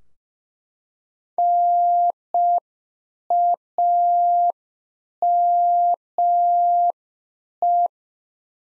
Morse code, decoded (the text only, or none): NAME